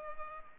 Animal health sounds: mosquito wingbeat signal from an infrared sensor; Culex pipiens

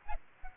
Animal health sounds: mosquito wingbeat signal from an infrared sensor; Aedes aegypti

